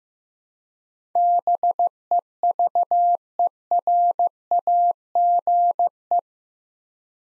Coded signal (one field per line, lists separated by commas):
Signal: Morse code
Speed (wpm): 16 wpm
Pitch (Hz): 700 Hz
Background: none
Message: BEVERAGE